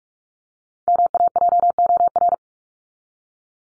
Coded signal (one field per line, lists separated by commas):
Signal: Morse code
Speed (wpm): 44 wpm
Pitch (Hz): 700 Hz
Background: none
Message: MAJOR